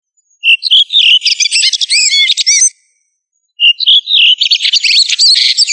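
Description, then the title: Thrush song, two rapid phrases of varied high whistles, trills and buzzy notes, each opening with a clear whistled note and separated by a short pause. "Familia Turdidae - Sabia"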